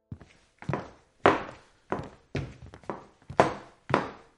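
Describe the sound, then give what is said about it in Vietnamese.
Three people walk down a hallway toward a room at its end at a steady, even pace, about eight firm heel strikes, each with a short dull thud and quick fade, with no voices. “Cả ba đứng dậy, di chuyển về căn phòng nằm ở đầu hành lang.”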